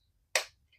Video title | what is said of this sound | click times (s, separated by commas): Solaro Shades Unboxing,Review, And Changing Out The Lenses. | Now, you hear them click. | 0.4 s